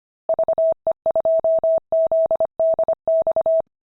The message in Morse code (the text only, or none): VE2ZDX